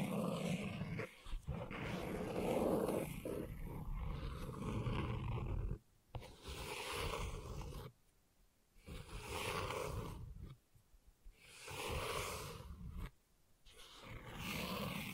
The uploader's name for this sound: Gentle Scratching